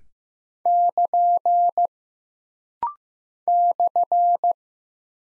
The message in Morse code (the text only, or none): <KN> /